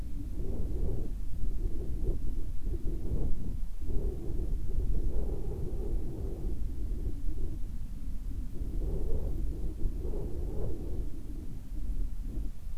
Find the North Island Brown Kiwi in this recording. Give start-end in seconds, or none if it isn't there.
none